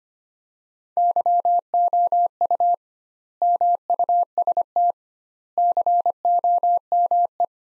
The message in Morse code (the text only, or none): YOU MUST COME